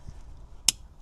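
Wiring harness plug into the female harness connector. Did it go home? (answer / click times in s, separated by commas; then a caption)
yes / 0.7 s. A wiring harness plug is pushed into the large female harness connector while installing an Apple CarPlay head unit in a 2014-2018 Chevrolet Silverado/GMC Sierra. After quiet low rumble, a single sharp, bright snap rings out at 0.7 s as the plug seats.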